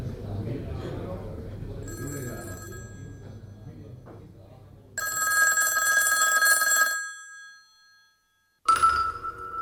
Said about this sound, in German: Das Läuten des Telefons. Damit hat es angefangen.